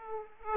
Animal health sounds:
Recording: mosquito wingbeat signal from an infrared sensor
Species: Aedes aegypti

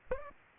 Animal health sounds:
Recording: mosquito wingbeat signal from an infrared sensor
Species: Aedes aegypti

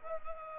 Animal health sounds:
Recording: mosquito wingbeat signal from an infrared sensor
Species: Anopheles gambiae

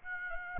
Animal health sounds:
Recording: mosquito wingbeat signal from an infrared sensor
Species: Aedes aegypti

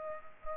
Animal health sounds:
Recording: mosquito wingbeat signal from an infrared sensor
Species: Culex pipiens

